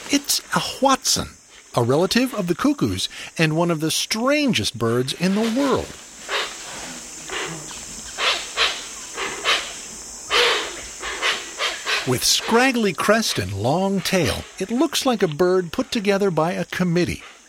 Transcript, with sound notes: It’s a Hoatzin (pronounced HWAT-zin), a relative of the cuckoos and one of the strangest birds in the world. [Hoatzin call] With scraggly crest and long tail, it looks like a bird put together by a committee.